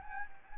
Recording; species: mosquito wingbeat signal from an infrared sensor; Anopheles gambiae